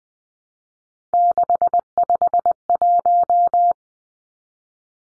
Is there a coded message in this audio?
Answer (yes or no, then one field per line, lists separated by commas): yes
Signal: Morse code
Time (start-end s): 1.1-3.7 s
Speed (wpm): 20 wpm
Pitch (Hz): 700 Hz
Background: none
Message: 651